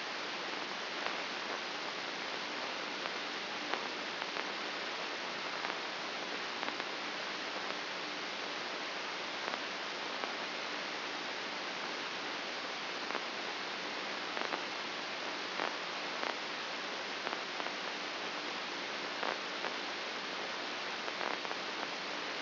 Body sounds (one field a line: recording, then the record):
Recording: brain microelectrode recording played as sound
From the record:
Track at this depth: inside the subthalamic nucleus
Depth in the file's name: 5.429 mm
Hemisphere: left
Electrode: 2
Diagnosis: Parkinson's disease